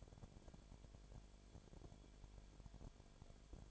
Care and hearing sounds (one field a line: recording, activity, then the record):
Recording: daily activity, microphone in the room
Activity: no activity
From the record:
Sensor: 5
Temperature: 19.9 degrees Celsius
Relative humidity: 35.5%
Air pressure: 1003.4 hPa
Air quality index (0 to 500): 58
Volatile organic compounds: 1 ppm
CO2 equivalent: 639 ppm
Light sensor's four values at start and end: 2/3/1/1 and 2/3/1/1